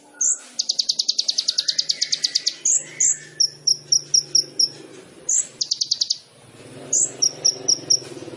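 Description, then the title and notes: Sunbird song mixing rapid high buzzy trills with strings of thin sharp chips and short whistled notes. Indonesian masteran training recording for songbirds; song with fills (isian) and shots (tembakan), described as gacor and suited as a lure (pancingan). "MASTERAN KOLIBRI NINJA FULL ISIAN DAN TEMBAKAN COCOK BUAT PANCINGAN. Suara Burung Kolibri Ninja Gacor"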